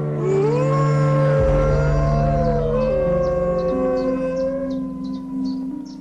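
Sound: wolves howling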